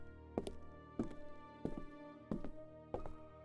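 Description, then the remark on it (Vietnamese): Slow, evenly spaced footsteps, about six heavy thudding steps, each landing with a dull knock over a steady, humming tonal drone in the background. “Đang yên đang lành, thì tiếng bước chân lại vang lên tiếp.”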